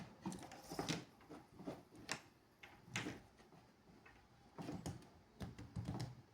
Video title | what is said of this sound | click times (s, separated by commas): All about MC4 solar cable connectors in one video - structure, assembly, tools, where to get | oh there was no click but it's but it's it's stuck already in there interesting | none